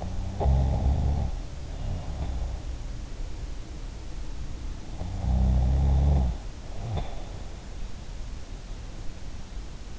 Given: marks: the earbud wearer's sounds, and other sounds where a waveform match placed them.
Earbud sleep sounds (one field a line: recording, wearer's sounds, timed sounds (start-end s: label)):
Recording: sounds in sleep by an in-ear microphone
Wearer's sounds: snoring breath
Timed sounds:
0.00-2.40 s: snoring breath
4.87-7.17 s: snoring breath